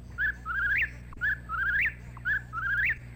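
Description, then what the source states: Eastern Whip-poor-will: clear whistled three-part phrase ending in a sharp upward flick, repeated about once a second, over a steady low hum. Heard singly.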